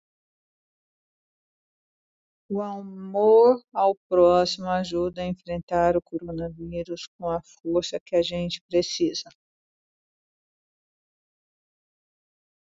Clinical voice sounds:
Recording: spoken sentence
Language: Brazilian Portuguese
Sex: female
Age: 60 to 69 years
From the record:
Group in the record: control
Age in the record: 62 years

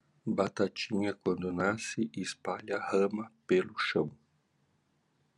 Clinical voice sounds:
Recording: short text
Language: Brazilian Portuguese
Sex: male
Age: 50 to 59 years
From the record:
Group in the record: control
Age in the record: 55 years

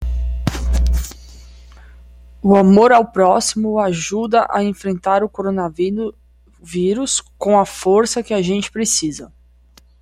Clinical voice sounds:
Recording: spoken sentence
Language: Brazilian Portuguese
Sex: female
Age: 30 to 39 years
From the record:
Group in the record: control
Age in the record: 33 years

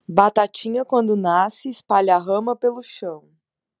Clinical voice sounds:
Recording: short text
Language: Brazilian Portuguese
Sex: female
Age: 30 to 39 years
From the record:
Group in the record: control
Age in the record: 33 years

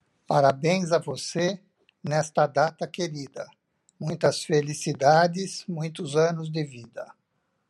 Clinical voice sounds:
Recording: short text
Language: Brazilian Portuguese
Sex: male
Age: 60 to 69 years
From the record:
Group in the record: control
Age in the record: 68 years

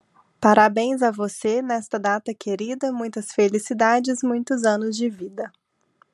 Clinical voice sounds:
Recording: short text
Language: Brazilian Portuguese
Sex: female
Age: 30 to 39 years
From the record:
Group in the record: control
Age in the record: 31 years

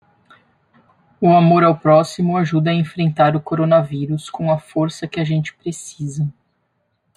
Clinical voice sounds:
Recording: spoken sentence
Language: Brazilian Portuguese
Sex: female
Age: 40 to 49 years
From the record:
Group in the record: control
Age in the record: 44 years

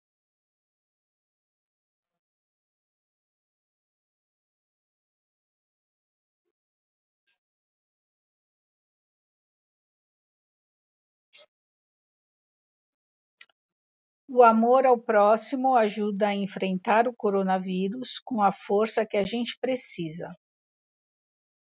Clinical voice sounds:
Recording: spoken sentence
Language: Brazilian Portuguese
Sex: female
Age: 40 to 49 years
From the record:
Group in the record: control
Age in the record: 49 years

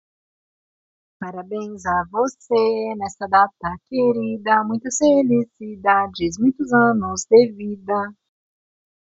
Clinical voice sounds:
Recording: short text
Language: Brazilian Portuguese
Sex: female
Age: 30 to 39 years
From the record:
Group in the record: control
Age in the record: 39 years

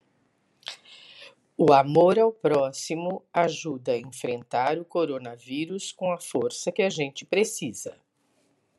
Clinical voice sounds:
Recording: spoken sentence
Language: Brazilian Portuguese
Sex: female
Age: 60 to 69 years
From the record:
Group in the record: control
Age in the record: 65 years

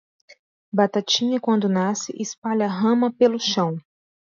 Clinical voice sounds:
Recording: short text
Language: Brazilian Portuguese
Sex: female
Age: 30 to 39 years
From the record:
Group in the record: control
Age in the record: 37 years

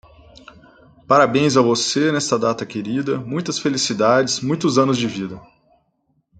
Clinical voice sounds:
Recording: short text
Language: Brazilian Portuguese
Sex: male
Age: 30 to 39 years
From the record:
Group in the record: control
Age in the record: 38 years

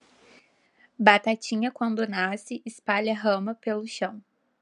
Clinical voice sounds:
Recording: short text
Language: Brazilian Portuguese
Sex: female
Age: 20 to 29 years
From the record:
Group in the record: control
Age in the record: 23 years

